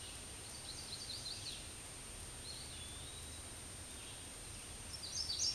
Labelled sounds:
Eastern Wood-Pewee song
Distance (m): 75 m
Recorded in a Pennsylvania forest on 18 May 2023 at 06:51
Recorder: AudioMoth, point grid1_31_low
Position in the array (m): 76 m, 123 m

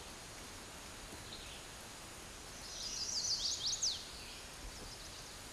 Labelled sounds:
Chestnut-sided Warbler song
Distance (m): 35 m
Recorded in a Pennsylvania forest on 17 May 2023 at 11:52
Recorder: AudioMoth, point grid1_41_low
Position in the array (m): 121 m, 208 m

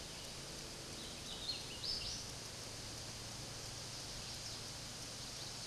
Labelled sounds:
Hooded Warbler song
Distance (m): 55 m
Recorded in a Pennsylvania forest on 18 May 2023 at 10:57
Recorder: AudioMoth, point grid1_11_low
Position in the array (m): 236 m, 148 m

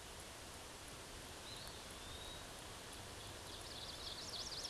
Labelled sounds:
Eastern Wood-Pewee song
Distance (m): 45 m
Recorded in a Pennsylvania forest on 17 May 2023 at 14:07
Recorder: AudioMoth, point grid1_36_low
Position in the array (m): 93 m, 205 m

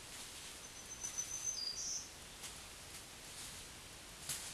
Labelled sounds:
Black-throated Green Warbler song
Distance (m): 20 m
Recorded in a Pennsylvania forest on 1 June 2023 at 08:50
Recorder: AudioMoth, point grid3_31_low
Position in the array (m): 124 m, 100 m

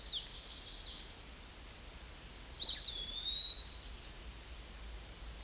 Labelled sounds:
Eastern Wood-Pewee song
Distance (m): 5 m
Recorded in a Pennsylvania forest on 18 May 2023 at 13:38
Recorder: AudioMoth, point grid1_17_low
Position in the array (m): 188 m, 148 m

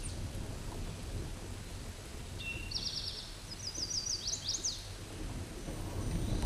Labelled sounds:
Eastern Towhee song
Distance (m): 30 m
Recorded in a Pennsylvania forest on 17 May 2023 at 12:12
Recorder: AudioMoth, point grid1_41_low
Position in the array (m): 115 m, 214 m

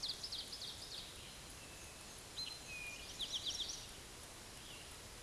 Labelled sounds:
Eastern Towhee song
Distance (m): 65 m
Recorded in a Pennsylvania forest on 17 May 2023 at 13:25
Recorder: AudioMoth, point grid1_36_low
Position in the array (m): 114 m, 105 m

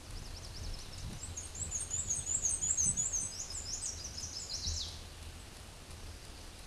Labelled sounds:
Black-and-white Warbler song
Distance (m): 10 m
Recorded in a Pennsylvania forest on 18 May 2023 at 13:51
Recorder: AudioMoth, point grid1_3_low
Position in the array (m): 90 m, 46 m

